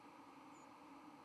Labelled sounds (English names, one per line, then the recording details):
White-throated Sparrow flight call
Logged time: 10:04 on 31 October 2014